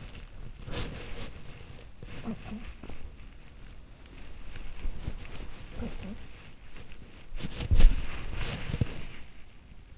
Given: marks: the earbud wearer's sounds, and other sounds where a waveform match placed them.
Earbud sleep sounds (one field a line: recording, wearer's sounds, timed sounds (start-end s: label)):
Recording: sounds in sleep by an in-ear microphone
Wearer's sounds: body movement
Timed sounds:
0.00-9.24 s: body movement
2.16-2.91 s: sound from someone else or the room
5.65-6.28 s: sound from someone else or the room